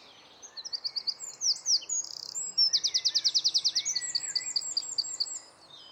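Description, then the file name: Eurasian wren pouring out an energetic song of high chips, a brief buzz, a long rapid trill and further jangling phrases. "Troglodytes troglodytes"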